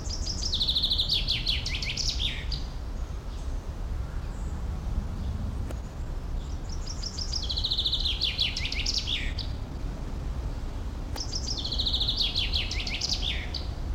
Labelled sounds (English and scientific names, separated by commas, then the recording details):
Common Chaffinch (Fringilla coelebs)
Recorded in the wild
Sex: male
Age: adult
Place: Tierpark Berlin, Berlin, DE
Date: 1994-07-09 13:20
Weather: heiter, 16-20°C, böiger Wind
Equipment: Marantz CP 430, Sennheiser ME 80, Kopie Uher Variocord 263
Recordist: Tembrock, Günter